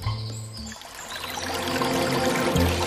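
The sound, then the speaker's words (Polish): A mountain stream flows steadily, its water rushing and burbling in a continuous bright hiss that grows slightly fuller over a few seconds, with faint low tones underneath. “Pędzelek pobiegł do górskiego potoku.”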